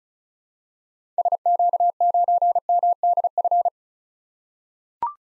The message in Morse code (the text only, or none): SQ9MDF